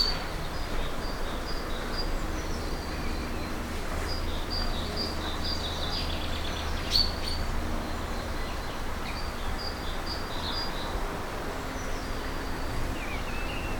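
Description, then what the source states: Birds chirping in short high bursts, scattered throughout, over steady low background noise. Countryside ambience with birds in a garden.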